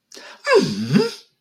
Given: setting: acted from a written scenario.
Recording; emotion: vocal sound without words; positive surprise